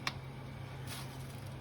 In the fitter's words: that on until you hear the audible click